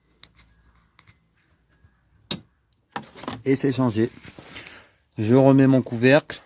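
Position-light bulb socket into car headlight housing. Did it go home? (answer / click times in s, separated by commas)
yes / 2.3 s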